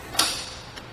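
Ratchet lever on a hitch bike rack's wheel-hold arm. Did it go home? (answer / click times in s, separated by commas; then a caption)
yes / 0.2 s. The blue ratchet lever on the tire-hold arm of a RockyMounts GuideRail two-bike hitch rack, mounted on a 2017 Buick Envision, is folded down to re-engage the ratcheting mechanism. It gives a sharp click at 0.2 s as it seats into place, locking the arm onto the bike, followed by a much fainter tick near 0.8 s.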